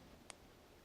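A thin Alphacool Molex removal tool runs along the sides of a female crimped metal pin while its wire is pushed up into the plastic Molex connector housing. A single sharp, brief snap at 0.3 s, bright from mid to high frequencies over a quiet background, marks the pin releasing. The pin is freed so the cable can be pulled down.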